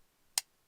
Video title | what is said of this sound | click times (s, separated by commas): GREAT NEW BUDGET BUTTON LOCK SENCUT SACHSE | you can really feel the button snap in place no up and down at all | 0.4 s